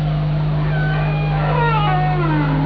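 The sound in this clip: Whale calls: tonal, sliding moans that sweep downward and overlap in the second half, over a steady low hum.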